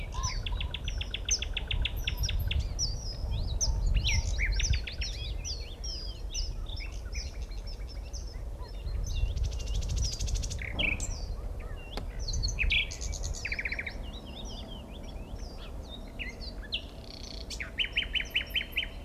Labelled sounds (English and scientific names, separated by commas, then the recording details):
Common Nightingale (Luscinia megarhynchos) song
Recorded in the wild
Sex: male
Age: adult
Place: Mühlenbecker Land, OT Buchhorst, Naturpark Barnim, Brandenburg, DE
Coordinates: 52.6736, 13.3908
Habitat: ponds - alder marsh
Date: 1975-05-02 16:45
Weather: partly sunny, 16°C
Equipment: Uher CR 210, Sennheiser MD 421, Verstärker, Kopie Uher 4200
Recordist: Tembrock, Günter